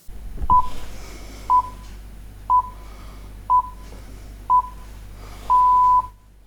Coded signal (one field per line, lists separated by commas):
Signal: radio time signal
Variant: time pips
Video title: HAM RADIO. Falklands War Amazing Ham Rado Short Wave Transmission